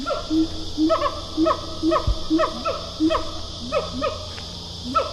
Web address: Sound Effects-Foundation Updates Animal Gibbon Siamang pair call